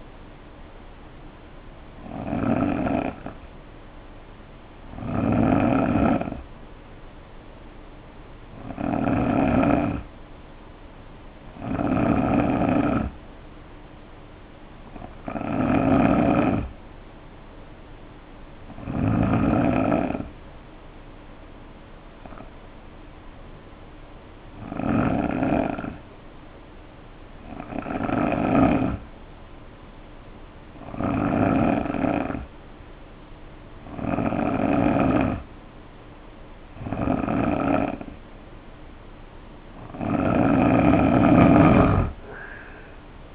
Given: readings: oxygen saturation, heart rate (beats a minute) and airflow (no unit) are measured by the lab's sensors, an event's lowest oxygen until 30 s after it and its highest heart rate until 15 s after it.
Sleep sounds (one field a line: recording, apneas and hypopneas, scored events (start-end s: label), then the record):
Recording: breathing in sleep by a voice recorder at the bedside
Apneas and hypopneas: none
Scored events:
30.00-43.35 s: new sleep stage, N3 (deep sleep)
From the record:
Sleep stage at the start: N2 (light sleep)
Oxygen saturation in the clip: 89 to 90%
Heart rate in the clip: 60 to 69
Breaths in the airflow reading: 12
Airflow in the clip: -8.1 to 8.5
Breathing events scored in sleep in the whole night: 520 in 7.2 hours asleep